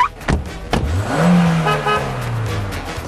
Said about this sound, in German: 8. Februar 2012, Wolfsburg. Ein schwarzer, fünftüriger VW Golf verlässt die Produktionshalle und wird per LKW nach Lüdersfeld bei Hannover gebracht.